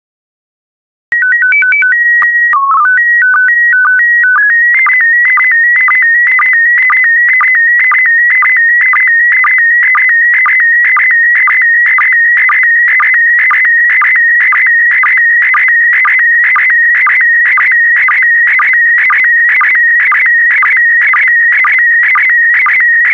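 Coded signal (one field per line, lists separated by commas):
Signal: SSTV (slow-scan television)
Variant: PD120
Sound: stepped header tones, then a warbling tone with steady rhythmic low chirps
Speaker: the next image transmission will start in 10 seconds five four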